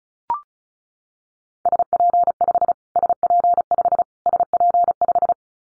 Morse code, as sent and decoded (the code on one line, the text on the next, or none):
... .--. ..... / ... .--. ..... / ... .--. .....
SP5 SP5 SP5